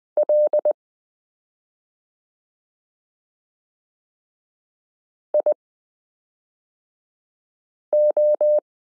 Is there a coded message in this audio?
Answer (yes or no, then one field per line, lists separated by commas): yes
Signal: Morse code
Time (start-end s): 0.2-8.6 s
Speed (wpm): 20 wpm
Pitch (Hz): 600 Hz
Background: none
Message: L IO